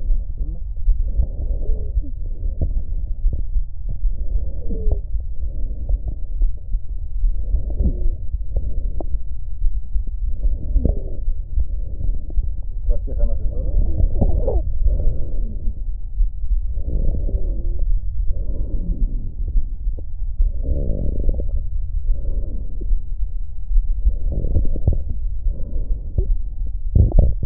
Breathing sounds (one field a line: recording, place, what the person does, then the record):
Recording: lung sounds by stethoscope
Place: right posterior apical chest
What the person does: quiet breathing, then deep breathing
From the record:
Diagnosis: asthma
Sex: female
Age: 56 years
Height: 161 cm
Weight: 85 kg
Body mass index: 32.8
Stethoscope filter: extended mode